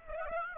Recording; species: mosquito wingbeat signal from an infrared sensor; Aedes aegypti